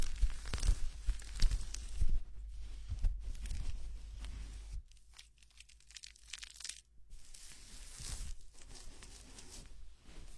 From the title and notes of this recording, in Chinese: 头部按摩 洗头(无人声)。